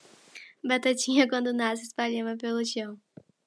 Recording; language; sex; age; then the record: short text; Brazilian Portuguese; female; 18 to 19 years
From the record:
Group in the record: control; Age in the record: 18 years